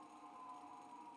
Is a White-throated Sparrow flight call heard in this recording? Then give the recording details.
no. No flight call is heard. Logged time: 09:24 on 5 December 2014